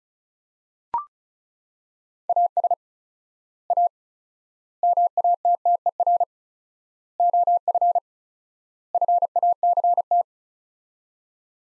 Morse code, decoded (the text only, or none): AS A MATTER OF FACT